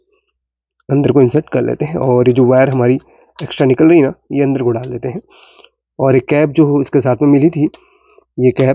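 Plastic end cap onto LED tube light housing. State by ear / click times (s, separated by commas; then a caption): not seated / none. Someone talks while pushing a repaired LED driver board back into an LED tube light housing, tucking the extra wires inside, and then brings up the plastic end cap that came with the tube to press onto the tube end. Faint handling sounds come between the words. Nothing has seated or clicked yet; the clip ends before the cap goes home.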